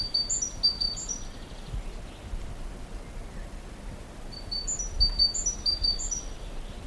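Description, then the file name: Great tit calls: two bursts of short, high, bright chirping notes, the first near the start and the second after a quiet gap of about three seconds, over low rumbling background noise. "Parus major"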